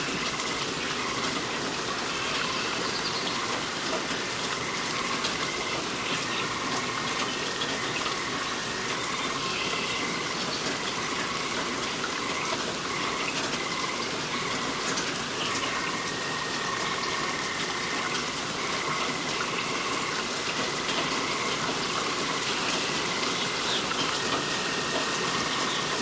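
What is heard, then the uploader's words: Steady, dense rain hisses evenly throughout the forest ambience, with a faint high tone repeating around the upper middle and no sudden events. Relaxing Rain Sounds & Forest Ambience.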